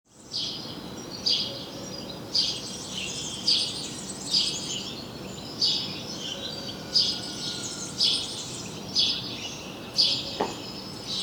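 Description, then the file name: House sparrow chirps, short bright notes in a loose series roughly every second, over steady background hiss. "Passer domesticus"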